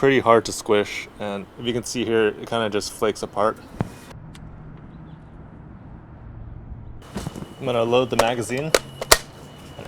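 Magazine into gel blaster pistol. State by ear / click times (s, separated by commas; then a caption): seated / 9.1 s. Someone talks, then after a quiet stretch a plastic magazine is inserted into a UnlocX gel blaster pistol. A sharp, loud click at 9.1 s seats the magazine in place.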